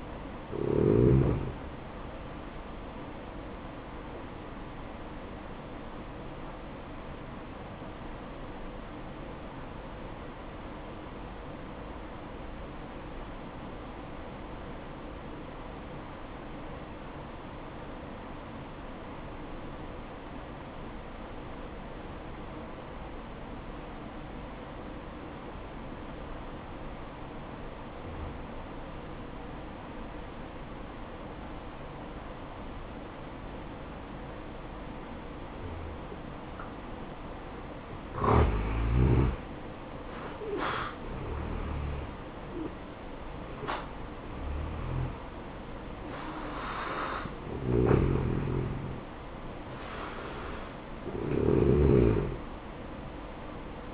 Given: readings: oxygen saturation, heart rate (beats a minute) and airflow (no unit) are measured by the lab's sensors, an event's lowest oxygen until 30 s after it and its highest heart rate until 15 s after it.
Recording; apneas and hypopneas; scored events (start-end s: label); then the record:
breathing in sleep by a voice recorder at the bedside; 1
7.00-39.50 s: hypopnea (N1, oxygen 96% highest, then 84% lowest, heart rate 62 at the start, 68 highest)
9.00-53.94 s: new sleep stage, N2 (light sleep)
From the record:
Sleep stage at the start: N1 (lightest sleep); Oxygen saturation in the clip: 84 to 96%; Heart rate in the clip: 58 to 68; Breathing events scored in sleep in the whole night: 573 in 9.8 hours asleep